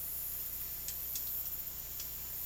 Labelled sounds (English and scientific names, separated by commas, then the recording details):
none
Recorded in dense forest near Puerto Asís, Putumayo, Colombia, on 19 March 2025 at 14:30
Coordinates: 0.503, -76.323
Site GP09